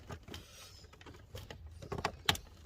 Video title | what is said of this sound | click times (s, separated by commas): F150 USB port. | There we go. I felt a little click. One more click. | 2.3 s